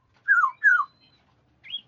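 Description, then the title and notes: Black-naped oriole song, two rich fluty whistles sliding downward in quick succession, then a short higher rising note. "Kepodang. suara burung"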